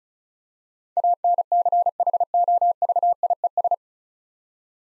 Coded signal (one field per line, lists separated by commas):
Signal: Morse code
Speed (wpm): 36 wpm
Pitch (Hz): 700 Hz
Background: none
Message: ANCHOVIES